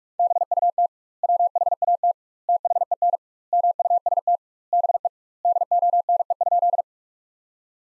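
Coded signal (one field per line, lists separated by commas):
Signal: Morse code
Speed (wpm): 46 wpm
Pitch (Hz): 700 Hz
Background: none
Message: BUT WHAT THEN MUST BE DONE?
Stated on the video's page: Morse sentences built from the top 500 words at 45 wpm with 2x standard word spacing, a word-level Farnsworth-like method.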